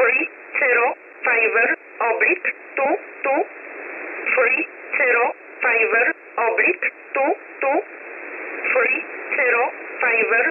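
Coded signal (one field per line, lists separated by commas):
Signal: numbers station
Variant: E11 Oblique, English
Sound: about fifteen short spoken words, evenly spaced, through a narrow single-sideband voice channel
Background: radio static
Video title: 21 05 2021 Number station E11 Oblique in English to Eu 1000 on 12153 unknown tx site in USB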